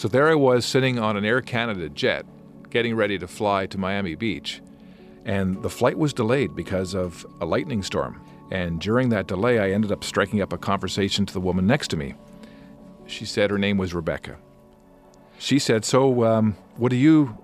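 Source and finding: Adult male narrator. Normal speech.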